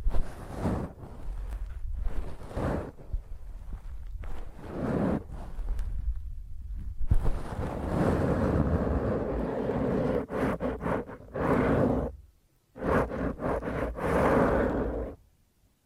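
Fingernails scratch roughly across a microphone in bursts of harsh, grainy noise with a deep rumble underneath. Short strokes come in the first seven seconds, then longer, denser scraping runs until about fifteen seconds, broken by brief silent gaps near ten, twelve and thirteen seconds.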